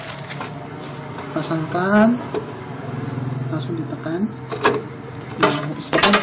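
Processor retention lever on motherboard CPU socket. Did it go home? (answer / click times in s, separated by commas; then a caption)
yes / 5.4 s. A processor is placed into the motherboard CPU socket and pressed down, then the metal retention lever is pushed down and locks with a mechanical click at 5.4 s. Someone talks over a steady background hum, with other short knocks around it. The lever is confirmed locked and the processor is seated.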